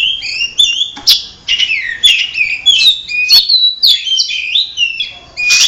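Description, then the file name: Oriental magpie-robin singing varied whistled phrases, some sliding downward, mixed with harsh scratchy notes and brief clicks, delivered in fast, uneven bursts. Simulated songbird contest audio intended for Oriental magpie-robins. "audio simulasi lomba untuk kacer omkicau"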